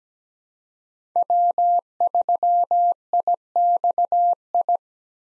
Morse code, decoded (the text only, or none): W3IXI